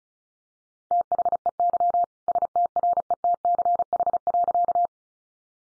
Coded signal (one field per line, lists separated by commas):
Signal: Morse code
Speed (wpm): 34 wpm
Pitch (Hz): 700 Hz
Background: none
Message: THEY STRETCH.